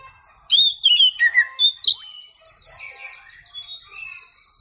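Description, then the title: Oriental magpie-robin song: a burst of loud, clear whistled notes sliding up and down, then softer rapid buzzy trills and chatter. Champion singing bird. "Kicau Burung Kacer Juara"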